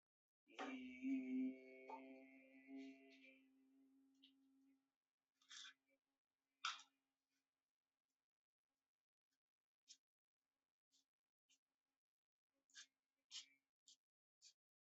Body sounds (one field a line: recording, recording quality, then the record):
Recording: sustained vowel as in beet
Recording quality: excellent, no background noise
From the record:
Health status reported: healthy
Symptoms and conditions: none ticked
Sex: male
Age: 53 years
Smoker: yes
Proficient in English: yes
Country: India